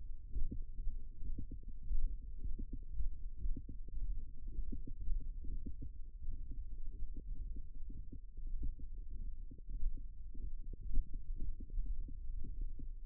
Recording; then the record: forearm muscle sounds (acoustic myography)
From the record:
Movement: thumb flexion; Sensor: system 1, eight BSWA MPA416 microphones around the upper forearm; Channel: 8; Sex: male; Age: 23 years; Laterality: right